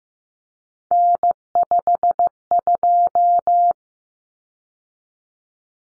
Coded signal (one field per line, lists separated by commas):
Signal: Morse code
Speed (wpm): 15 wpm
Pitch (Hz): 700 Hz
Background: none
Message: N52